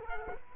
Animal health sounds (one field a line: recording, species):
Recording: mosquito wingbeat signal from an infrared sensor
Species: Culex quinquefasciatus